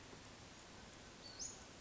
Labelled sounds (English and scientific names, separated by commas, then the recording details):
Western Flycatcher (Empidonax difficilis)
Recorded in Sonoma County, California